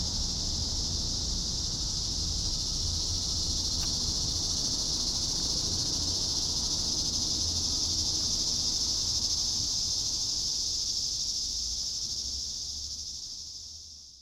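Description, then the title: Cicada chorus giving an unbroken shrill buzz that holds steady for most of the time, then fades away toward the end. "neoscenes: cicadas"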